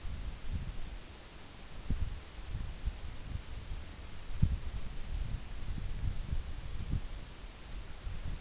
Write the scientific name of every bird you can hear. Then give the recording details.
none. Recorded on Arctic tundra, site NAIT-1, on 24 June 2019. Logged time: 14:00